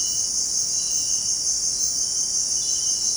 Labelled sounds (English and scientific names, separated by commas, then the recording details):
none
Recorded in dense forest near Puerto Asís, Putumayo, Colombia, on 22 June 2025 at 18:00
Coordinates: 0.499, -76.324
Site G100